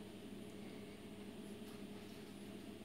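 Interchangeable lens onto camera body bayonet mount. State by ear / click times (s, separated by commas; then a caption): not seated / none. An 18-55 kit lens is held up to a Canon EOS T5 camera body, its white dot lined up with the red dot on the bayonet mount, before being twisted in. Only a steady, low background hum is heard, with no distinct hits. The lens has not been twisted to lock yet, and nothing has clicked.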